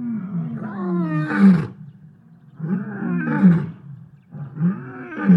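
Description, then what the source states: Lion roaring in loud, rough bursts, three bouts in about five seconds, each swelling to a harsh peak. Lions in the savannah.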